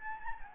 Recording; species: mosquito wingbeat signal from an infrared sensor; Anopheles gambiae